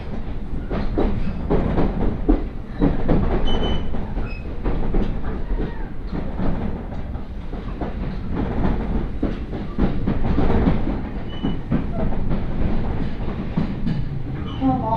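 Onboard a 701-series train heading north from Sendai, a steady low rumble fills the car with frequent clattering knocks and brief squeaks throughout.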